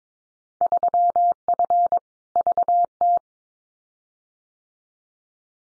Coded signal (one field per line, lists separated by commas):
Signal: Morse code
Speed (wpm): 22 wpm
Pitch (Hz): 700 Hz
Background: none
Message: 3F VT